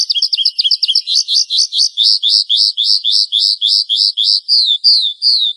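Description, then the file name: Horsfield's bush lark song: fast chirping trills that slow into a steady run of rising-and-falling high notes, repeated several times a second. "suara burung branjangan"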